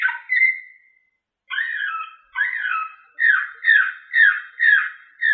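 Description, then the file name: Canary song, a long whistled note, a pause, then a series of descending slurred notes repeated about twice per second. Slavujar style canary song. "sample suara kenari slavujar omkicau"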